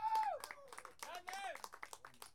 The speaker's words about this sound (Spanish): Aplauso por la escopeta y el conejo.